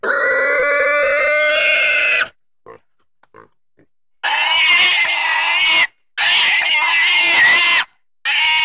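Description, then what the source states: Pig giving long, shrill, wavering squeals: a two-second scream, then a pause with a few faint sounds, then further piercing bursts. Intense squeals.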